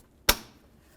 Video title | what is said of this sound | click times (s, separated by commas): How to Replace Radiator 2012-2016 Subaru Impreza | listen for a click give that a tug to make sure it's secured to that fan assembly | 0.3 s